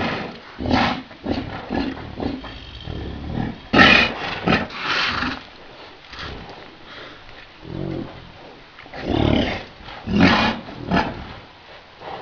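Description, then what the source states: Yak producing a long run of hoarse grunts and snorts, some clustered quickly and others spread out, varying in strength. Bull yak.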